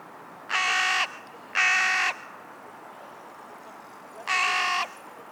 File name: Corvus corone - Carrion Crow